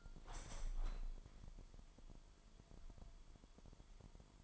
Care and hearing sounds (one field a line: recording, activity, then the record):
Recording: daily activity, microphone in the room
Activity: open window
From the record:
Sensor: 5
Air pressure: 998.0 hPa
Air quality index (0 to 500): 97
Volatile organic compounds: 2 ppm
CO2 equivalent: 1111 ppm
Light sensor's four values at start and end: 26/63/26/29 and 26/63/26/29